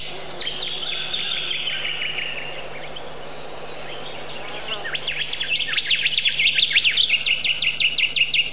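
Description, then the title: Bird song: drawn-out high whistled phrases at first, then a lively run of sharp, rapid chirps and rising-falling notes over a steady low hum. "Bird Sound Effects पक्षी लगता है"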